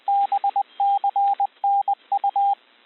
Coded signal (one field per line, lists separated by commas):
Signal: Morse code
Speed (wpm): 20 wpm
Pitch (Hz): 800 Hz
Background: radio noise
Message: BCNU